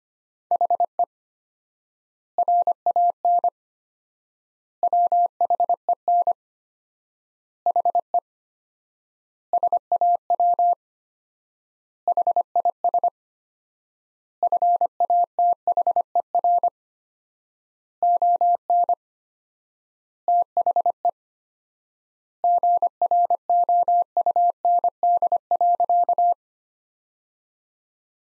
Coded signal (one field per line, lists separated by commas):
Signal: Morse code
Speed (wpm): 25 wpm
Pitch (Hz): 700 Hz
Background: none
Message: HE RAN WHEN HE SAW HIS FATHER ON THE GROUND.